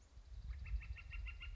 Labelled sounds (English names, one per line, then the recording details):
Northern Flicker
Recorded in Sonoma County, California